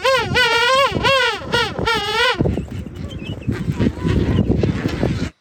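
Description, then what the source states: King penguin trumpeting call: three loud, wavering, harmonic bugle-like phrases, followed by noisy colony background. One bird calling loudly within a colony of about 1,000 penguins, Falkland Islands.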